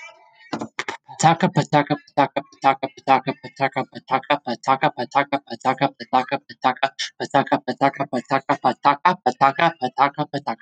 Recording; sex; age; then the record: repeated syllables /pa ta ka/; male; 20 to 29 years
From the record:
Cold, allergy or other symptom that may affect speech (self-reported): no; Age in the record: 28 years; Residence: New York, United States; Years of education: 12